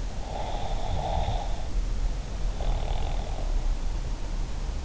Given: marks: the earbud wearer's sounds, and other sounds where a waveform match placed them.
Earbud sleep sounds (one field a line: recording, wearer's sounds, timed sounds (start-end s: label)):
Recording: sounds in sleep by an in-ear microphone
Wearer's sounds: snoring breath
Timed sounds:
0.34-3.51 s: snoring breath